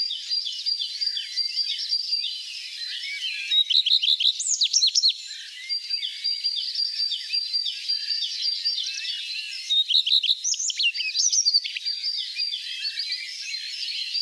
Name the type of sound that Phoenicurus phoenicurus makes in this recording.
song